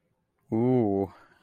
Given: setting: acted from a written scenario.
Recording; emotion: vocal sound without words; desire